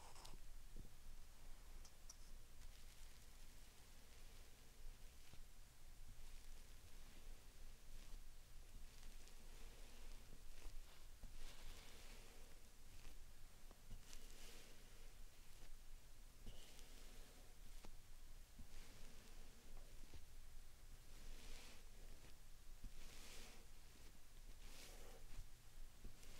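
Slime sand being squished and worked, heard as soft crackly rustles and sticky clicks over a steady low hiss. Short bright squelching bursts come every few seconds, with louder ones near 12, 15, 17 and 23–25 seconds, at an even level throughout.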